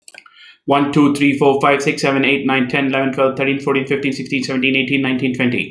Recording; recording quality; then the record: counting at a fast pace; excellent, no background noise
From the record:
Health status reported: healthy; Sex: male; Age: 35 years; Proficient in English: yes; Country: India